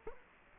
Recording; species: mosquito wingbeat signal from an infrared sensor; Culex quinquefasciatus